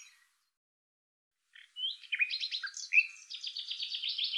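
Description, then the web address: Bird gives quick buzzy notes and a brief whistle, then a rapid, higher trill. "Deverinetal 2025"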